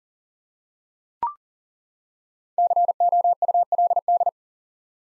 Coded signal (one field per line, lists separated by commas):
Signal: Morse code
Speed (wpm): 40 wpm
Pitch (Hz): 700 Hz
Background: none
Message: COULD